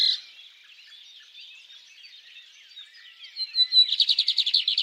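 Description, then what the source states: Birds singing: soft, busy chatter at first, then a loud rapid trill of rhythmic repeated notes toward the end. At dawn.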